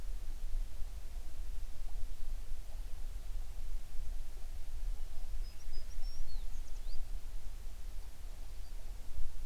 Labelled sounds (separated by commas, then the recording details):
songbird
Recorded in the Prudhoe Bay oil fields, Alaska, on 11 June 2019 at 04:39
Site 21